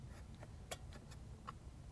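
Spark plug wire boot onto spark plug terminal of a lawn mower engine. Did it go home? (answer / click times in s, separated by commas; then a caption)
yes / 0.7 s. A rubber spark plug wire boot is pushed back onto the new spark plug of a lawn mower engine. It snaps on with a sharp click at 0.7 s, followed by a few softer ticks and handling sounds over a low background rumble. The boot is seated.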